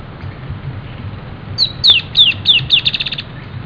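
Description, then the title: Dusky-tailed antbird singing a run of high, falling whistled notes that accelerate into a brief rattling trill at the end, with a low rumble underneath. "LuckyPassaro Completos2Sama. Dusky-tailed Antbird (Drymophila malura)"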